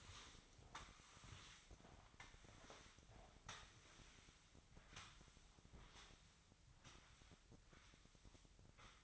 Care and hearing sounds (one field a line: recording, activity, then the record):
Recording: daily activity, microphone in the room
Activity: sweep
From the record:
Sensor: 3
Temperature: 24.8 degrees Celsius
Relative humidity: 38.3%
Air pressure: 1003.1 hPa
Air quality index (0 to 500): 196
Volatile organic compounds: 6 ppm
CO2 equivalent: 1913 ppm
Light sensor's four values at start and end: 19/45/19/20 and 18/44/19/20